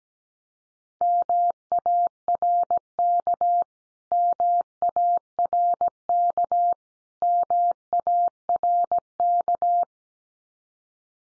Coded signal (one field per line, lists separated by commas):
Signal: Morse code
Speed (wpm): 17 wpm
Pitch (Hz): 700 Hz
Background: none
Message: MARK MARK MARK